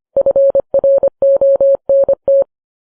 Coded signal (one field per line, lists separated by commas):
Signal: Morse code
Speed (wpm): 25 wpm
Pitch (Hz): 550 Hz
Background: none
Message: FRONT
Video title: Everywhere, all at once: Episode 85—East and West, north and south, 1944